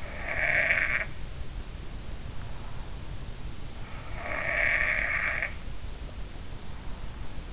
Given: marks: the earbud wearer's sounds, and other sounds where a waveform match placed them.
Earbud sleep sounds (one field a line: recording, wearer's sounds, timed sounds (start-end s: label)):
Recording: sounds in sleep by an in-ear microphone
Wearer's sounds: snoring breath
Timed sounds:
0.00-1.19 s: snoring breath
3.92-5.61 s: snoring breath